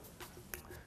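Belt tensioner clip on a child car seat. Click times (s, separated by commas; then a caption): 0.5 s. The grey belt tensioner clip at the back of a Maxi Cosi Opal child car seat is pushed closed over the seat belt with a firm action, giving one sharp click at 0.5 s. The tensioner clip is seated and closed.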